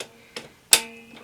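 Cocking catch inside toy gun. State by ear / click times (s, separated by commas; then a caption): seated / 0.7 s. A plastic toy space gun is cocked back: faint clicks at 0.0 and 0.4 seconds lead up to a sharp, loud click at 0.7 seconds. At that click, the internal cocking catch locks into place and holds the spring-loaded part from moving forward.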